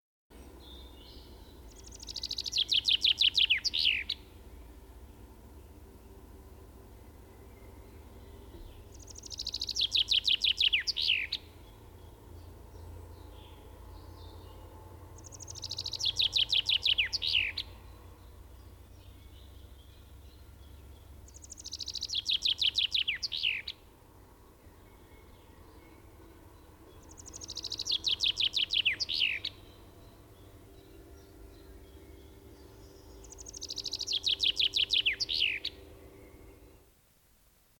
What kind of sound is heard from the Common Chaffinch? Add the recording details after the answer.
song. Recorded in the wild. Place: Leszno, Großpolen, PL. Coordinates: 51.842, 16.594. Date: 1987-07-15. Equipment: Nagra III BH, Sennheiser MD 21, parabola. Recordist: Schubert, Michael. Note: Gesang Buchfink